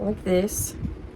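Small plastic furniture pieces from a miniature potions classroom set are handled over their slots in a miniature room base while someone talks. Nothing has seated or clicked yet.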